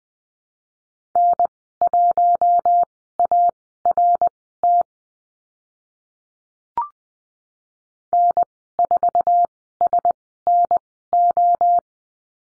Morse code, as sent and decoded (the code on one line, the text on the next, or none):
-. .---- .- .-. - / -. ....- ... -. ---
N1ART N4SNO